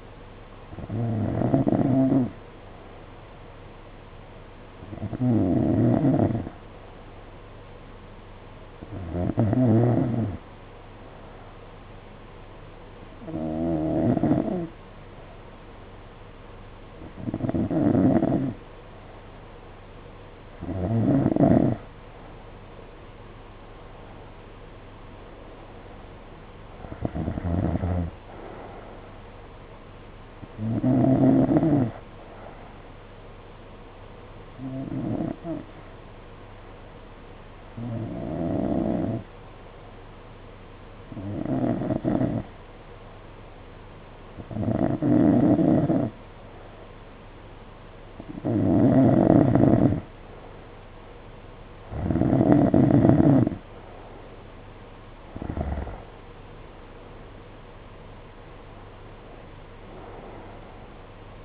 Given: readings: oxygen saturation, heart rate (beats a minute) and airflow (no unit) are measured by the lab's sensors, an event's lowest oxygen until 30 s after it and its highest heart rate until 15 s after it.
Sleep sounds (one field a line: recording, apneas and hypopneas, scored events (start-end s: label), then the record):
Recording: breathing in sleep by a voice recorder at the bedside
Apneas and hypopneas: 2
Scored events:
9.00-24.30 s: hypopnea (N2, oxygen 92% highest, then 91% lowest, heart rate 53 at the start, 60 highest)
15.00-61.45 s: new sleep stage, N1 (lightest sleep)
35.00-55.90 s: hypopnea (N1, oxygen 92% highest, then 90% lowest, heart rate 52 at the start, 60 highest)
From the record:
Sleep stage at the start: N2 (light sleep)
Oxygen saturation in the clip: 90 to 92%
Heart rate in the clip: 51 to 60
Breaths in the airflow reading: 17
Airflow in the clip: -7.3 to 6.7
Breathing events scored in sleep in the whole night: 476 in 9.7 hours asleep